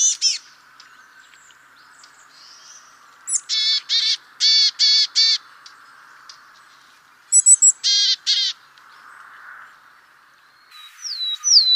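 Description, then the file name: Willow tit giving harsh, nasal buzzy calls in short runs of several notes, with a few thin high notes before and a brief whistled phrase at the end. "Mesange boreale"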